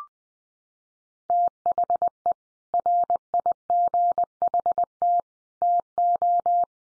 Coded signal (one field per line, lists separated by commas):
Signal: Morse code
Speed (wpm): 20 wpm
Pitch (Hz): 700 Hz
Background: none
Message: THE RIGHT TO